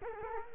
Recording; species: mosquito wingbeat signal from an infrared sensor; Culex quinquefasciatus